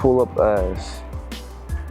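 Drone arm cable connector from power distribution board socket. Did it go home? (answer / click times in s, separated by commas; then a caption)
released / 1.3 s. Someone talks over background music while the arm cable connector of a Talos T60X drone, first pushed in, is pulled up and out of its socket on the power distribution board. A short sharp sound at about 1.3 s marks the connector coming free without a click, and the connector is released.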